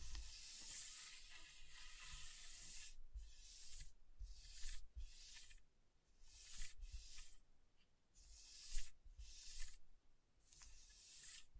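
Scratching across a table surface, first a steady raspy hiss, then short bright scrapes repeating roughly every second with brief gaps between.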